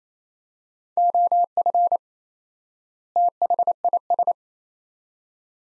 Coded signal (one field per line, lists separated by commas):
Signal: Morse code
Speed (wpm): 28 wpm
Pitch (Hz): 700 Hz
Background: none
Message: OF THIS